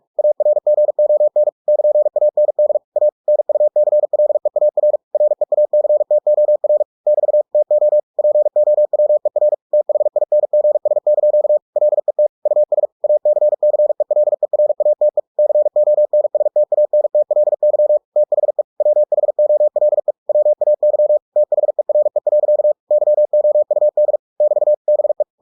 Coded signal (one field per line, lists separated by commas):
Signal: Morse code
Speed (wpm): 46 wpm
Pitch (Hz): 600 Hz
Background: none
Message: ARGON <KN>AND A NUCLEAR REACTOR <BT> TO POWER THINGS) LET US ACCELERATE CONSTANTLY THE WHOLE WAY THERE. YOUD <BT> BE